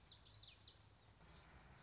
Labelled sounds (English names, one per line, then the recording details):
Common Yellowthroat
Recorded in Sonoma County, California